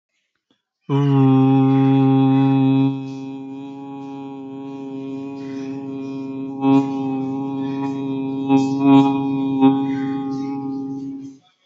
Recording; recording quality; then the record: sustained vowel as in boot; excellent, no background noise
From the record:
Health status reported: healthy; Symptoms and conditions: none ticked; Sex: male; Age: 30 years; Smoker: not ticked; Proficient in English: yes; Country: India